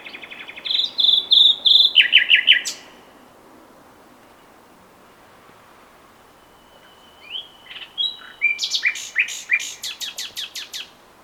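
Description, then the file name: Common nightingale song: a whistled phrase with fast chattering notes, then a silent pause and a second phrase of rising whistles ending in a rapid series of sharp clicks. "Luscinia megarhynchos"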